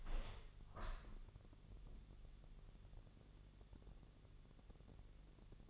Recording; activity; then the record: daily activity, microphone in the room; open window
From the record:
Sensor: 4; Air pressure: 1001.2 hPa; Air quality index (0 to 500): 158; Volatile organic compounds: 2 ppm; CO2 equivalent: 1140 ppm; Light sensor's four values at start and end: 12/29/12/12 and 13/29/12/12